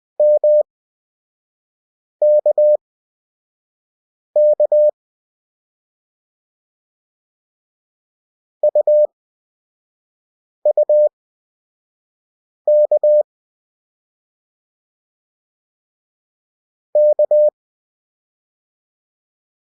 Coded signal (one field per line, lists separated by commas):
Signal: Morse code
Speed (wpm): 20 wpm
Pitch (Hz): 600 Hz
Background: none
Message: MKK UUK K